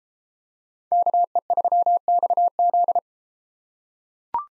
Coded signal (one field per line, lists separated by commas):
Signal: Morse code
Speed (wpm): 32 wpm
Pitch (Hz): 700 Hz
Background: none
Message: KE3XZ